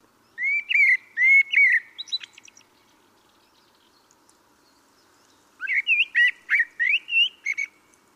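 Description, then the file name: Common blackbird song: two phrases of clear whistled notes rising and falling, the first trailing into soft high twittering, separated by a three-second pause. "Turdus merula"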